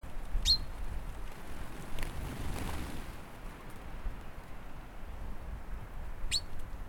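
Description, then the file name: Common chaffinch calls: two short, sharp high notes, one near the start and one near the end, over a steady low rumbling background noise. "Fringilla coelebs"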